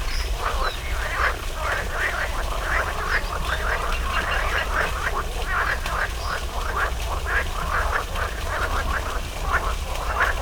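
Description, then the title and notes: Frogs croaking in a dense, steady chorus of short rasping calls that overlap continuously, over a low constant rumble. Frogs in a small pond at the Orto Botanico botanical garden, Bologna, Italy, 5 July 2018; frogs there croak on spring mornings; made for the Zona U sound mapping project. "05.07.18 Rane allOrto Botanico. There is also a small pond populated with frogs croaking on spring mornings. Recorded for the Zona U sound mapping project"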